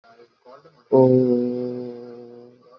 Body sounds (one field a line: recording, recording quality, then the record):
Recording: sustained vowel as in boot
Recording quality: moderate, slight background noise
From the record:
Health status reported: COVID-19 positive, mild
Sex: male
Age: 30 years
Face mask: not worn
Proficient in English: yes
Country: India